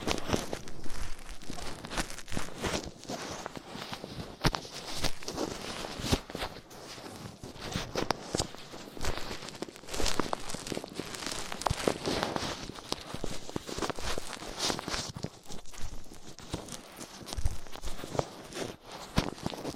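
Ear cleaning with latex gloves, a dental pick and cotton swabs: dense, irregular crackling, rubbing and scraping with frequent sharp clicks throughout.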